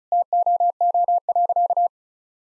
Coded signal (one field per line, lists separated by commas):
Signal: Morse code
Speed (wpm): 34 wpm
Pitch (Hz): 700 Hz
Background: none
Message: TOO.